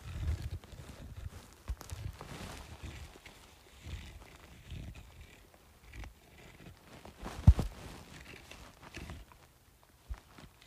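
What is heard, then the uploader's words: Scratching on a bumpy surface comes in irregular bursts of rough, thumping scrapes with low knocks, peaking sharply around the seventh second. Scratching Bumpy Surface.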